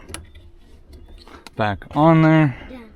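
A lost plastic retaining clip is being worked back onto the fuel line quick-connect fitting at the fuel pump assembly of a turbo GR Corolla, with small sharp ticks and light handling taps, the loudest near 0.1 s and 1.5 s. Someone then talks. The clip has not seated or clicked home yet.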